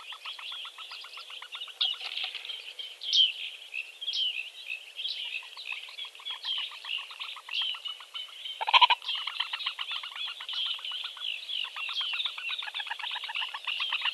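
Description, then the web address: Eurasian bittern chicks chattering with rapid trains of short chirps that rise and fall in intensity, a brief loud knock or thump about halfway through. "suono del cinguettio dei pulcini del tarabuso maggiore"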